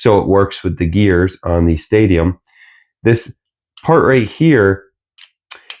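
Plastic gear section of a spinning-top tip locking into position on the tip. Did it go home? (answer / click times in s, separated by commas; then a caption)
yes / 5.7 s. Someone talks, then moves the plastic gear section of a spinning-top tip by hand; it does not move freely but snaps into place on the tip. A few faint ticks lead up to a short, sharp plastic click at 5.7 s as it locks.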